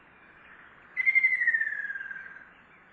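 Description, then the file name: Ruddy kingfisher giving a single long, descending, trilled whistle that fades gradually over about one and a half seconds against a quiet background. Recorded on 2015-06-11. "akashobin kosado mju"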